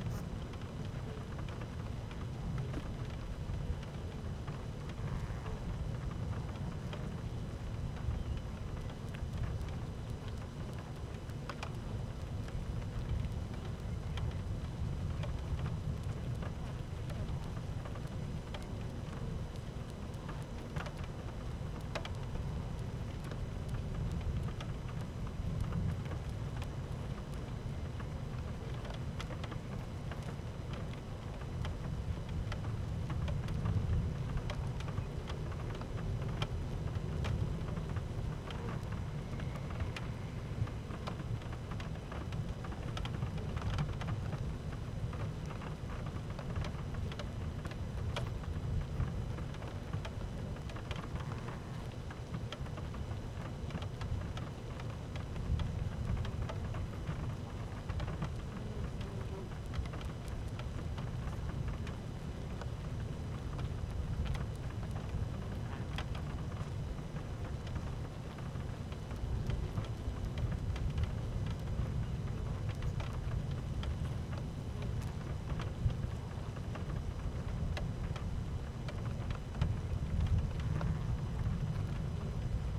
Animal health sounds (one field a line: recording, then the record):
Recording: honeybee colony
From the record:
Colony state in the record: active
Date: 12 June 2018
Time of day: 12:51